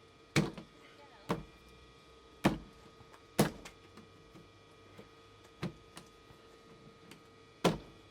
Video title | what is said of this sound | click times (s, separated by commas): How to replace your Volvo V70/XC70/XC90 etc rear wiper motor! | again just snaps into place | 0.4 s, 2.5 s, 3.4 s, 7.7 s